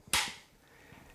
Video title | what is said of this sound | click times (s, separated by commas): Retention Levels for Open Carry Holsters | tension and then you can hear the click once the gun goes in it's locked the | 0.1 s